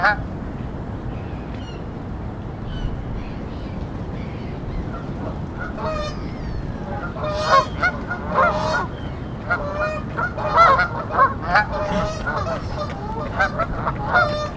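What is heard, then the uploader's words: Geese honk and call from a park lake, starting sparse and growing busier after about six seconds, with overlapping squawks around eight and eleven seconds. A steady low rumble of city traffic runs underneath throughout. Captured in the morning in a large city centre park. Various birds are in the lake and on the grass, some fly overhead.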